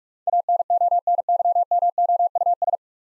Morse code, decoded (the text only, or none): ANONYMOUS